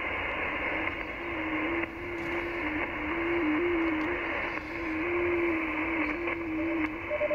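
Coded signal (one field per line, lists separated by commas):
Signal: FT8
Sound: steady low tone hopping slightly in pitch under broad radio hiss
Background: radio static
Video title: T30L, Western Kiribati, Pacific Ocean, 10MHz, FT8, Worked by HL2WA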